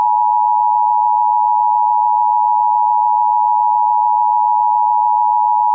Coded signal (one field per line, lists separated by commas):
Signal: Emergency Alert System (SAME) tones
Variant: 853 and 960 Hz attention tone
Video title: Flash Flood Warning for Tupelo Mississippi on EAS